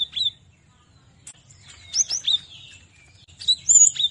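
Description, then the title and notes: Cinereous tit giving scattered high chirps, then quick slurred whistled phrases with a few clipped notes in between. "Masteran Gelatik Batu 1. burung gelatik"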